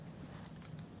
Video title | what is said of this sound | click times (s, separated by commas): Установка внешнего микрофона в экшн камеру YI DISCOVERY 4K с Алиэкспресс | замочек нажимаем на него и он встает на место все | 0.5 s